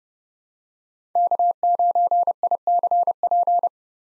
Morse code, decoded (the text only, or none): K9ICP